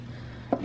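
The release lever on a metal folding table-leg bracket, already screwed on, is pushed in so the leg can fold for a small dinette table. A single short knock sounds at 0.5 s over a low steady hum, and the lever releases.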